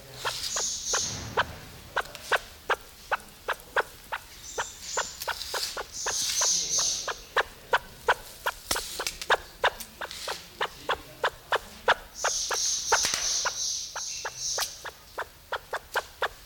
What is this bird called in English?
Great Argus